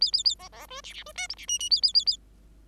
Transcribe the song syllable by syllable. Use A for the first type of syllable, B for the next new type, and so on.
A A A B B C D D C E F D G G A A A A